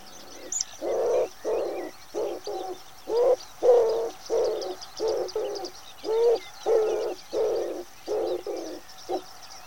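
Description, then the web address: Common wood pigeon cooing, low hollow coos repeated in short phrases with brief pauses, while faint high chirps of small birds run through the background. "cianscape. Deverinetal"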